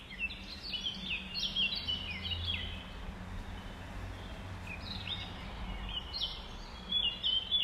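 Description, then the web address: Nightingale song of quick whistles and chirps in clustered phrases, with a low drone underneath. Recorded at dawn on 5 May 2020, around 05:33. "20200505-053342. 2020 05 06 nightingales"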